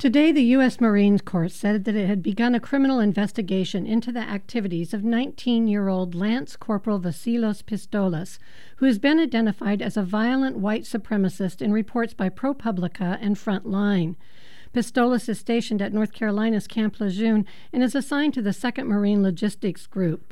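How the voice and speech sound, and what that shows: A woman reads a news report in clear, fluent, evenly paced speech with a steady, ordinary voice.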